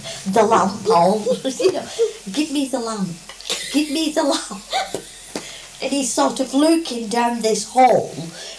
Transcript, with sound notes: The lamp, all, you know. "Give me the lamp. Give me the lamp."DB: [laughs]
And he's sort of looking down this hole.